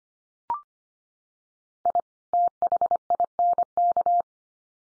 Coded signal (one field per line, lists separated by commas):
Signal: Morse code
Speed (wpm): 25 wpm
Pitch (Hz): 700 Hz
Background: none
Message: I THINK